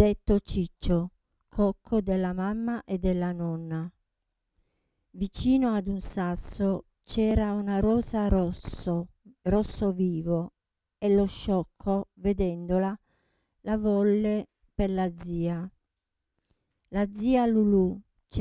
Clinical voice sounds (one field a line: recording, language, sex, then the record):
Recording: read passage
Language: Italian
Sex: female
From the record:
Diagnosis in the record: Parkinson's disease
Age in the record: 67 years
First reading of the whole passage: 79 s, 6.5 characters per second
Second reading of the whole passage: 74 s, 7.0 characters per second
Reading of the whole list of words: 72 s, 3.9 characters per second